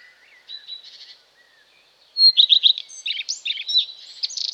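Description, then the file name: Common redstart song: a few soft notes, then from about two seconds a run of bright, scratchy high notes to the end. "Common Redstart (Phoenicurus phoenicurus)"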